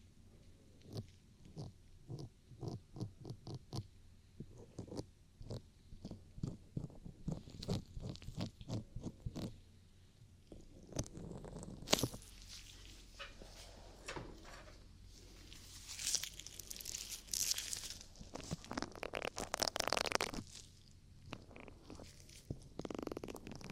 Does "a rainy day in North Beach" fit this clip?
no